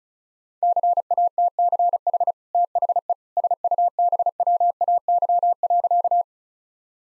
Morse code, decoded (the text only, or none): CATCH THE SUBWAY.